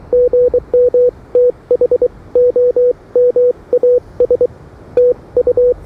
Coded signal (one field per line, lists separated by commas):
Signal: Morse code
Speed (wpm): 26 wpm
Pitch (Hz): 500 Hz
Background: none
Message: GM THOMAS TU